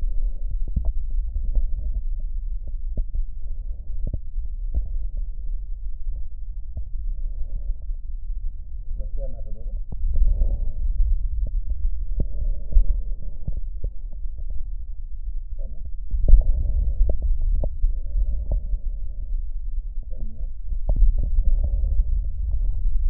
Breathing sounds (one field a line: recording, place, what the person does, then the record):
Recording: lung sounds by stethoscope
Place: right posterior apical chest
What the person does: quiet breathing, then deep breathing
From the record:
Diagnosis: COPD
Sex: female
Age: 80 years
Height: 160 cm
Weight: 62 kg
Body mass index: 24.2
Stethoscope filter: extended mode